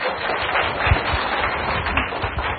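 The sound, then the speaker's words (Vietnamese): A crowd applauds steadily for a few seconds for a member of Mắt Thương Nhìn Đời invited up to read a question, dense overlapping claps forming a continuous crackling wash with no voices on top. “Xin quý đại chúng cho em một tràng pháo tay.”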